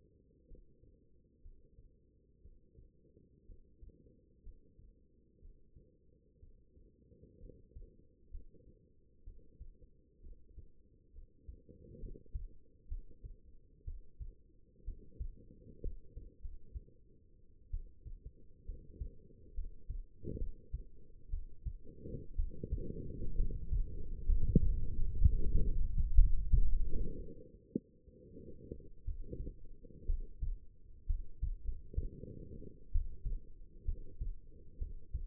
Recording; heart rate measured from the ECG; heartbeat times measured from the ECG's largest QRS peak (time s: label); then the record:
heart sounds by stethoscope; 63 bpm
0.46 s: heartbeat
1.41 s: heartbeat
2.41 s: heartbeat
3.45 s: heartbeat
4.42 s: heartbeat
5.39 s: heartbeat
6.39 s: heartbeat
7.39 s: heartbeat
8.30 s: heartbeat
9.23 s: heartbeat
10.20 s: heartbeat
11.11 s: heartbeat
11.98 s: heartbeat
12.87 s: heartbeat
13.84 s: heartbeat
14.84 s: heartbeat
15.81 s: heartbeat
16.40 s: heartbeat
17.70 s: heartbeat
18.65 s: heartbeat
19.54 s: heartbeat
20.37 s: heartbeat
21.29 s: heartbeat
22.35 s: heartbeat
23.35 s: heartbeat
24.25 s: heartbeat
25.17 s: heartbeat
26.15 s: heartbeat
27.16 s: heartbeat
27.72 s: heartbeat
29.05 s: heartbeat
30.06 s: heartbeat
31.06 s: heartbeat
31.63 s: heartbeat
32.91 s: heartbeat
33.85 s: heartbeat
34.78 s: heartbeat
From the record:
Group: healthy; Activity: rest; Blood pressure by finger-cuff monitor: 96/62 mmHg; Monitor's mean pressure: 71 mmHg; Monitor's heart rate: 60 bpm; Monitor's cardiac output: 5 L/min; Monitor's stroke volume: 80 mL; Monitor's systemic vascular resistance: 1000 dyn s/cm5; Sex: female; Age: 22 years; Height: 171 cm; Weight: 65.6 kg